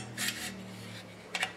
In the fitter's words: après je rabat et y'en à petit clic qui fait que c'est bien clipser voilà